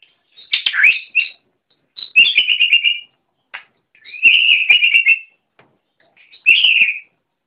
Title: Kicau Kacer